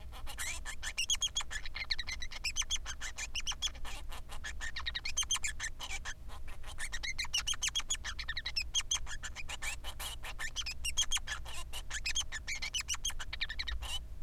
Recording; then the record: song of a male Bengalese finch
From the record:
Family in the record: son of father 3